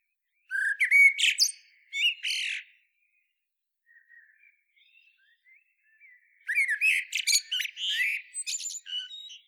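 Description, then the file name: Common blackbird song: two low fluted warbling phrases ending in high squeaky twitters, separated by about four seconds of near silence. "Turdus merula"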